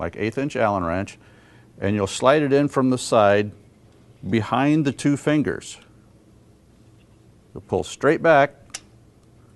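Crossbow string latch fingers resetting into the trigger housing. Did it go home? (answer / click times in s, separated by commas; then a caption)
yes / 8.8 s. Someone talks while a long allen wrench is slid in from the side behind the two latch fingers of a Scorpyd crossbow trigger mechanism and pulled straight back. At 8.8 s a sharp click is heard as the metal string latch fingers reset and catch in the trigger housing, seating the latch.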